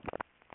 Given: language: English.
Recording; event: throat vibration sensor signal played as sound; swallow